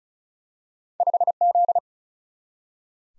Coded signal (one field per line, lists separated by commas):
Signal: Morse code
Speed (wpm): 36 wpm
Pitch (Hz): 700 Hz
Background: none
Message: 5Z